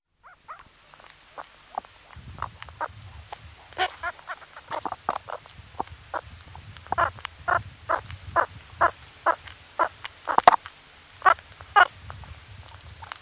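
Meerkat calls, a rapid series of short chirping notes repeated irregularly, with a low rumbling background through much of it.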